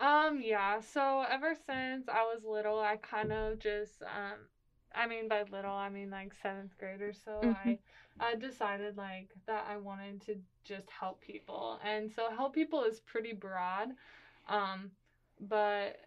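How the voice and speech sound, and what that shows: A young adult woman answers a question in a clear, even voice of medium pitch, with relaxed pacing, a few 'um's and 'like's, and brief pauses. Her speech is ordinary and fluent, with no signs of a speech or voice disorder.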